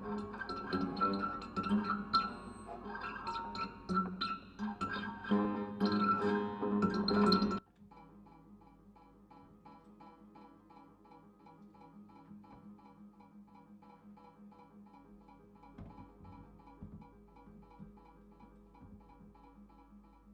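Improvised instruments made from everyday objects and natural materials clatter densely for seven seconds, then stop abruptly, leaving a quiet, regular pitched ringing pattern.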